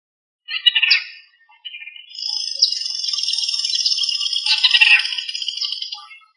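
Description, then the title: Bird song opening with a short chattering burst, then a long sustained trilled warble held for about four seconds. "LuckyPassaro Completos2Sama"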